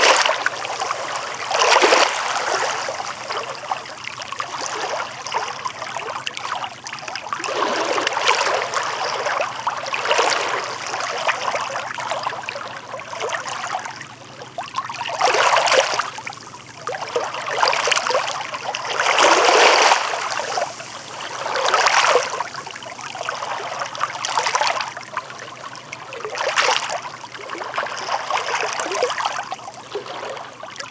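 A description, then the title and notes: Calm sea water laps over beach rocks, with a steady wash of gurgling and trickling between waves. Brighter splashes surge every two to four seconds, the strongest near 2, 8, 15 and 19 seconds, over a faint low hum. Calm waves lapping over beach rocks on a Danish island. Sounds of calm ocean water lapping over beach rocks.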